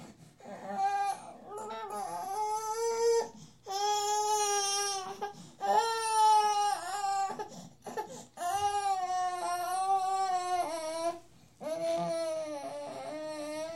Baby Crying, Human.